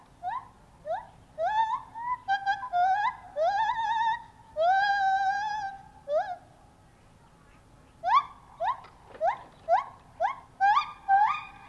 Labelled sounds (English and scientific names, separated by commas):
Lar Gibbon (Hylobates lar)